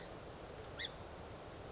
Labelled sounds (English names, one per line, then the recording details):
Song Sparrow
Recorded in Sonoma County, California